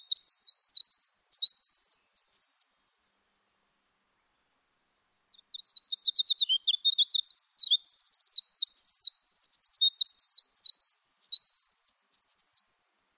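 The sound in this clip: Winter wren song: a high, rapid tumble of tinkling notes and fast trills, one short burst, a brief silence, then a longer run of twittering phrases.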